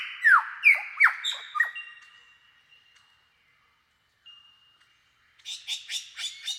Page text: Большая птица-лира - Superb Lyrebird (Menura novaehollandiae)